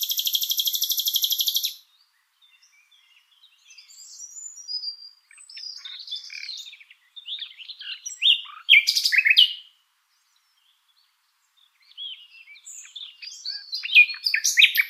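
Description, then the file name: Common nightingale song: opens with a sustained high buzzy trill, then varied soft twitters, a loud burst, a pause and more rapid chattering phrases. "Luscinia megarhynchos"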